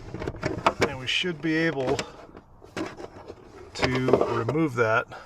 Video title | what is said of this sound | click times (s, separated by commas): It's Been 4 Years Since I've Changed This - Tacoma Cabin Air Filter | going to go back here there's a little lip back here we'll go ahead and pull up you'll hear a snap and | 0.7 s